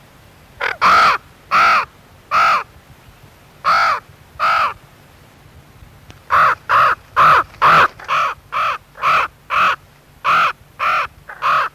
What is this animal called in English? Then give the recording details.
Common Raven. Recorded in captivity. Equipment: Halbspur, 9,5 cm/s. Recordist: Lütgens, Hans. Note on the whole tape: Rotenburg (?): Rufe